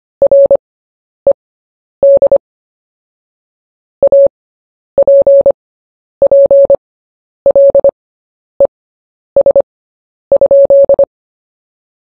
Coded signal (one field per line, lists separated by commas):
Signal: Morse code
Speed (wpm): 25 wpm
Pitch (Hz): 560 Hz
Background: none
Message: RED APPLES?